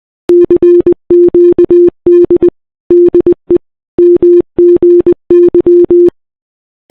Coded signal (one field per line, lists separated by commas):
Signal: Morse code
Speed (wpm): 20 wpm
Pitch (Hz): 350 Hz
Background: none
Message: CQD DE MGY